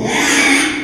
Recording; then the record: squeal of a Yucatan mini pig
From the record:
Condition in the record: after surgery on the right vocal fold (resection and tissue-engineered implant); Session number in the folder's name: 3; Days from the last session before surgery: 33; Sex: male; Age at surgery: 12 weeks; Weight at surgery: 13 kg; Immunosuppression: cyclosporine, prednisolone